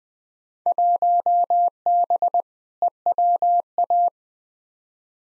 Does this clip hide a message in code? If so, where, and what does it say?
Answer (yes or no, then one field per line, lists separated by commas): yes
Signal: Morse code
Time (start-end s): 0.7-4.1 s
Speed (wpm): 21 wpm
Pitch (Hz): 700 Hz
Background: none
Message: 1B EWA